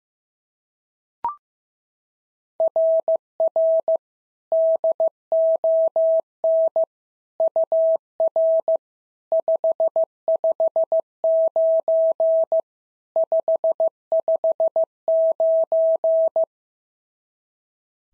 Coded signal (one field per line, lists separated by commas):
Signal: Morse code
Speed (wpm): 15 wpm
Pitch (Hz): 650 Hz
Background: none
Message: RR DON UR 559 559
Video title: SOTA QSO Practice 15wpm